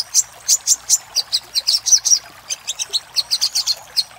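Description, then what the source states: Little spiderhunter song: high, clipped notes given in quick groups, with a short pause before a second series. Master recording made for training caged birds; Indonesian name Sogok Ontong.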